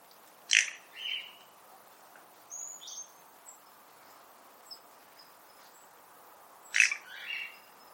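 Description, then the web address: Bird giving a sharp, high chirp followed by softer notes, then scattered thin whistles, and another sharp chirp burst near the end. "Deverinetal 2025 File origin Bird Only"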